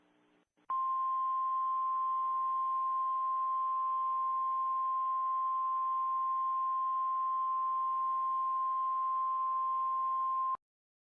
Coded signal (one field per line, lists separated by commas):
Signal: Emergency Alert System (SAME) tones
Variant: 1050 Hz attention tone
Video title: EAS Scenario: The Rabid Dogs of Detroit!